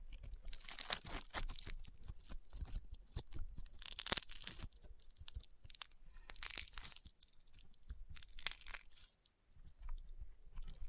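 Crunchy, popping slime being squeezed and pressed, with dense clusters of sharp crackles and snaps. The popping comes in irregular bursts, loudest around four, six and a half and eight seconds, with brief quieter gaps between handfuls.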